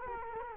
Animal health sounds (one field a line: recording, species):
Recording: mosquito wingbeat signal from an infrared sensor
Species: Culex quinquefasciatus